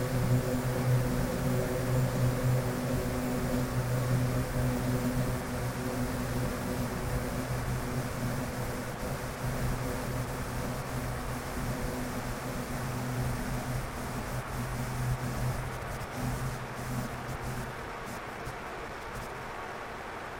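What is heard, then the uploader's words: A plane drones overhead on a spring morning, its low steady hum strongest in the first half and slowly fading after about ten seconds. Wind rushes continuously underneath, with brief gusty crackles toward the end. Spring morning, wind & overhead plane.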